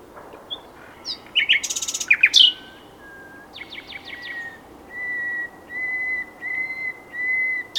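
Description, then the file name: Common nightingale song: a burst of rich chattering notes, then slow, pure, drawn-out whistles repeated several times. "Luscinia megarhynchos"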